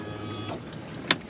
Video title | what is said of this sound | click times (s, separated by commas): Secrets to the perfect boat hitch revealed | so did you hear that audible snap latch that's what you're looking for that snap | 1.1 s